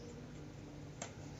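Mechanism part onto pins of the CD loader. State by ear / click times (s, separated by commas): not seated / none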